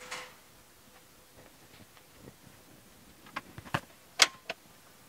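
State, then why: Seated. A steel cab tilt lock latch on the chassis of a Mitsubishi Fighter FM65FSL Hi Gear truck is engaged after the tilted cab is lowered, with the lower handle held and the lever pulled. A few sharp metallic ticks lead up to a loud click at 4.2 s as the latch seats home, confirming the cab is locked and safe.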